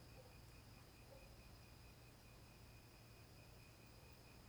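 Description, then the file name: Cricket chirping in a steady, fast pulsing trill, with a second, higher continuous tone and faint low background hiss. Night ambience in scrubland. "Ambiencia matagal a noite com grilos, morcegos e cachorros longe"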